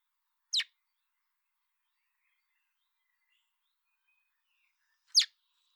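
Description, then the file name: Common blackbird giving two sharp ticking calls several seconds apart, with faint thin twittering in the gap. "Turdus merula"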